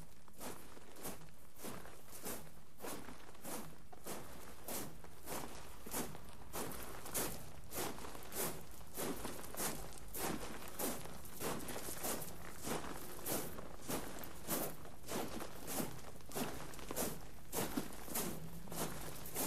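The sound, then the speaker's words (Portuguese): People standing arm in arm in the manner of Alentejo singing, outside a recording studio, shuffle and sway their feet across gravel in a steady rhythm, each step a gritty crunch roughly twice per second, recorded by sound engineer Gil Sal, continuing evenly throughout with no voices. “arrastam os cabos de gravação para fora do estúdio e, abraçados à moda do canto alentejano, arrastam balançadamente os pés na gravilha.”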